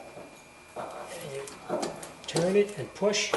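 A new CV axle's inner shaft is put into the transmission/differential opening on a 2005 Saab and lined up before being turned and pushed home, while someone talks. Only light handling noises are heard, with brief knocks near 1.5 s and 2.0 s. Nothing has seated or clicked yet.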